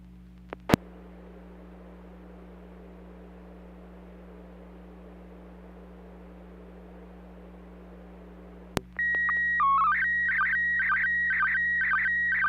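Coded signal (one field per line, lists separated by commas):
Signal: SSTV (slow-scan television)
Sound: long steady hiss with two clicks, then steady tones and a warbling, buzzing image tone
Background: FM radio hiss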